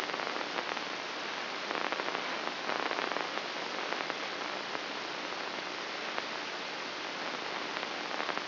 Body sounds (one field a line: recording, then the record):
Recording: brain microelectrode recording played as sound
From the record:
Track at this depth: inside the subthalamic nucleus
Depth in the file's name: 4.465 mm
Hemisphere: left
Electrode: 3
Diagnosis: Parkinson's disease